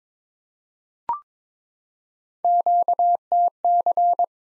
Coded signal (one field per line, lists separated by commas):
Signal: Morse code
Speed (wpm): 22 wpm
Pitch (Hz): 700 Hz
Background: none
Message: QTC